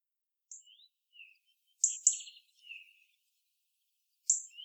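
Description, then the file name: European robin calls: bright high ticks, a double tick near the middle, mixed with soft thin twittering notes. "Erithacus rubecula"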